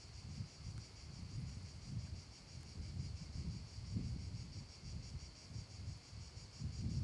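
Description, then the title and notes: Cicadas producing a steady, high, pulsing buzz that runs unbroken throughout, beneath strong gusting wind rumbling in the low range. In an abandoned Padula stone quarry, with wind; Zoom H6 recorder with MS capsule. "Cava abbandonata - Vento, cicale e campane nella cava. Cava abbandonata della pietra di Padula"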